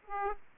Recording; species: mosquito wingbeat signal from an infrared sensor; Aedes aegypti